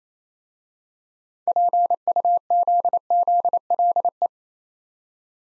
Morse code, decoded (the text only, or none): PUZZLE